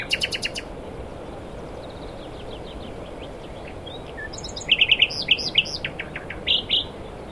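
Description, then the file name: Common nightingale song phrases: an opening rapid rattle of repeated notes, a quiet series of thin notes, then a loud burst of varied whistled and chirping notes near five seconds. "Luscinia megarhynchos"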